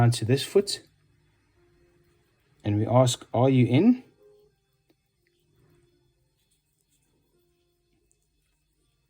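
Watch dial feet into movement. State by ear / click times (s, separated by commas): not seated / none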